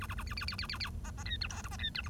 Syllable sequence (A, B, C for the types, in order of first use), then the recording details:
A A A B B B B B B C C D E F G C D E H. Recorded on 1 October 2012 at 09:17. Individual or60yw70